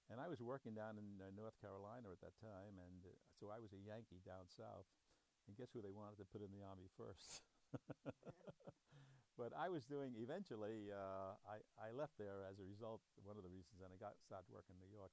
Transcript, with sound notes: And I was working down in North Carolina at that time and so I was a Yankee down south. And guess who they wanted to put in the Army first? [laughs]
Yeah.
But I was doing — eventually, I — I left there as a result — one of the reasons then I got — started working in New York City.